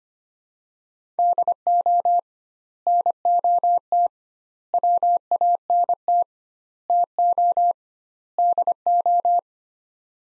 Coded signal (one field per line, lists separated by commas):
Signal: Morse code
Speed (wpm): 25 wpm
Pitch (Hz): 700 Hz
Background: none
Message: DO NOT WANT TO DO